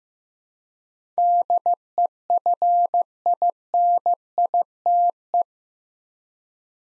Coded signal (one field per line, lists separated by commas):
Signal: Morse code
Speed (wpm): 15 wpm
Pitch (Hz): 700 Hz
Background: none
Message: DEFINITE